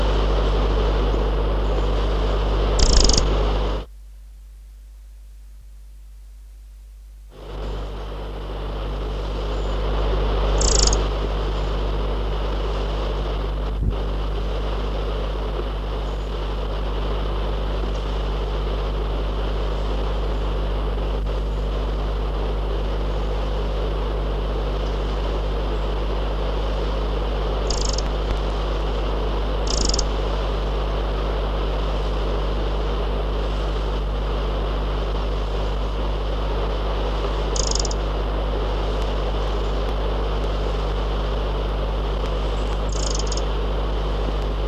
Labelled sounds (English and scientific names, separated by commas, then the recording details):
Eurasian Wren (Troglodytes troglodytes) alarm call
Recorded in the wild
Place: Järvselja, Tartu, EE
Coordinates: 58.2667, 27.3
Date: 1967-08-21
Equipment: Tesla Uran
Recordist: Jung, Norbert